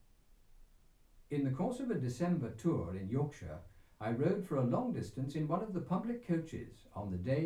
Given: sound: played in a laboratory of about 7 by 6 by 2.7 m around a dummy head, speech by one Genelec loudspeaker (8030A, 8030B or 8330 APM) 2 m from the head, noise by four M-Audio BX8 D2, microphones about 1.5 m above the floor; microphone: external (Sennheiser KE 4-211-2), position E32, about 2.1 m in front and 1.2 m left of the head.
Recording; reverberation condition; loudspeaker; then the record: male speech in English; low; 60 degrees to the right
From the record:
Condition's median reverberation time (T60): about 310 ms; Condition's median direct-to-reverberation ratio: about 3.5 dB